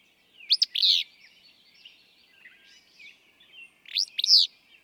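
Willow flycatcher giving its quick, explosive two-part song twice, about three and a half seconds apart, with light bird chatter in between.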